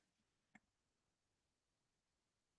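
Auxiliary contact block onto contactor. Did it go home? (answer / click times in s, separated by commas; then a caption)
yes / 0.5 s. An auxiliary contact block from a different brand is pushed onto a contactor or pushbutton after an earlier struggle to get it on. It snaps into place with one sharp, short click at 0.6 s, followed by quiet low background noise. The block is seated and fits perfectly.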